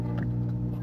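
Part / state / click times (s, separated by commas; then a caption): upper clip-on veneer onto the wearer's teeth / not seated / none. An upper clip-on dental veneer, a molded plastic shell, is being pushed onto the wearer's natural teeth over a steady low hum, with faint short handling sounds near 0.2 s and 0.8 s. Nothing has seated or clicked yet; the veneer is still being handled and is not yet home.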